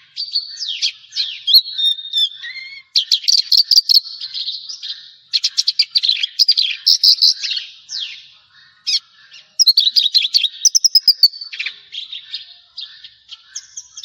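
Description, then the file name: Javan bush lark song with sweeping whistles, rapid chattering bursts and varied phrases, delivered in sections separated by short gaps. "suara burung branjangan jawa"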